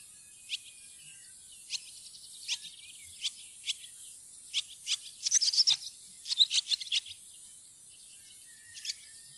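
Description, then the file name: Barn swallow twittering song, scattered high chirps and trills that thicken into a quick chattering burst midway, then a lone note near the end. "laavesvale"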